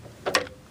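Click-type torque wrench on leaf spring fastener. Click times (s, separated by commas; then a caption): 0.4 s. A click-type torque wrench is pulled again on a leaf spring fastener during leaf spring installation on a 1966 Ford Thunderbird, repeating the pull so the click at its setting can be heard. A brief rise of rattling contact leads into a sharp, bright click at 0.4 s, followed by a faint tick and then a light tap near the end. The wrench clicks at its set torque.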